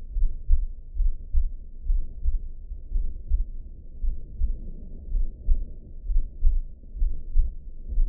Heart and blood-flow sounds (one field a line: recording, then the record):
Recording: heart sounds by optical stethoscope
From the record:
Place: pulmonary valve (PV)